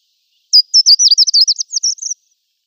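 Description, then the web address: Short-toed treecreeper song: a quick, high-pitched series of about a dozen thin, sweet notes lasting under two seconds, slightly wavering in pitch, with a clean quiet background. Song, subspecies mauritanica. "Schulze Peter Short-toed Treecreeper mauritanica song"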